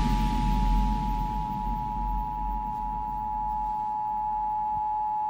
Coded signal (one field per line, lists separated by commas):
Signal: Emergency Alert System (SAME) tones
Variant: 853 and 960 Hz attention tone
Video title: National Periodic Test on 8/11/21 (EAS #119)